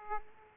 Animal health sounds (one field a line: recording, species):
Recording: mosquito wingbeat signal from an infrared sensor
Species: Aedes aegypti